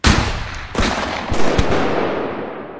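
A volley of CKC rifle gunfire from a five-man militia firing squad standing in a line about 20 metres from the prisoners: several sharp, loud cracks in quick succession, each followed by a rolling, reverberant boom that lingers and slowly fades, with no voices.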